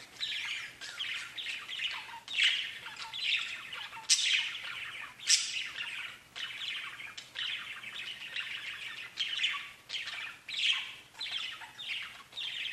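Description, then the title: Budgerigar chatter: steady run of scratchy warbled notes and clicks, with occasional louder sharp chirps standing out. "Budgie Sounds"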